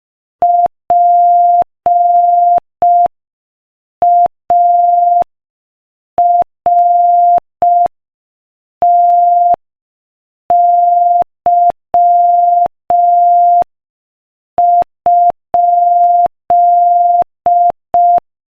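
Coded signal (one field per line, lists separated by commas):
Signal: Morse code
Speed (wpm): 5 wpm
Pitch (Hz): 700 Hz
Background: none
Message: PARTY?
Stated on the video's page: Morse code practice at 5 wpm, sending a joke.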